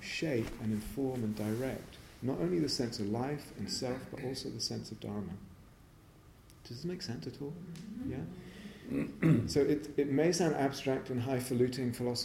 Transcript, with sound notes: shape and inform and direct not only the sense of life and self, but also the sense of Dharma. Does this make sense at all? [affirmative noises from yogis] Yeah? So it may sound abstract and highfalutin philosophy.